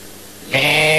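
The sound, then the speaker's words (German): A person imitates a goat's bleat: after a quiet half-second, a loud, nasal, harmonic-rich vocal tone starts abruptly and holds steady to the end. “Das war eine Ziege.”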